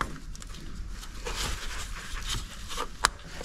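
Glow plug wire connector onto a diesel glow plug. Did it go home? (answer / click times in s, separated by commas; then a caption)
yes / 0.0 s. A plastic glow plug wire connector is pushed onto its diesel glow plug on a Renault Scenic III 1.5, and it clicks into place at 0.0 s. Quiet handling noise follows, with another sharp tick at 3.1 s. The connector is seated.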